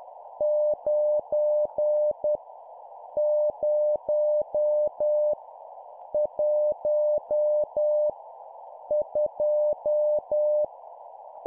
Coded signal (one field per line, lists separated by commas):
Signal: Morse code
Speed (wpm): 10 wpm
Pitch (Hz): 600 Hz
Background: none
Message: 9 0 1 2